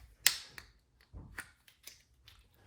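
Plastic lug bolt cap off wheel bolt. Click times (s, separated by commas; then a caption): 0.3 s. A removal tool pulls plastic lug bolt caps off the wheel bolts of an Audi RS5 during a winter tire change. A loud, sharp snap at 0.3 s is heard as a cap pops off and releases. Several quieter snaps and clicks follow through the rest of the clip.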